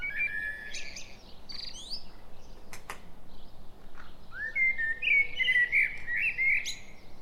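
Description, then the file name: Common blackbird song: two fluty, warbled phrases, each ending in a high squeaky twitter, with sharp clicks between them. "Turdus merula"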